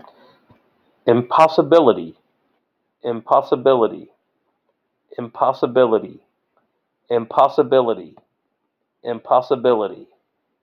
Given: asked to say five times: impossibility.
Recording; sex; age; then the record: repeated word; male; 40 to 49 years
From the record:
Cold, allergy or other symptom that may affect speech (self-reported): no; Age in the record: 43 years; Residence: North Carolina, United States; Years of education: 16